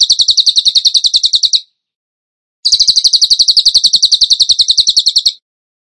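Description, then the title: Bird song: a fast, even series of sharp, high, slightly buzzy notes in two bursts, the second longer, separated by about a second of silence. Masteran training recording in the tembakan gacor style. "Masteran Burung Tembakan Gacor"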